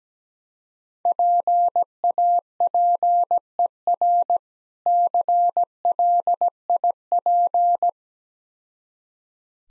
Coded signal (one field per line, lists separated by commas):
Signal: Morse code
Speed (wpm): 17 wpm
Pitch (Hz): 700 Hz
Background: none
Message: PAPER CLIP